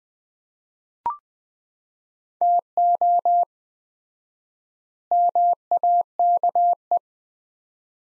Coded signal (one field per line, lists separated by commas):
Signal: Morse code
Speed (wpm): 20 wpm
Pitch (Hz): 700 Hz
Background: none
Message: TO MAKE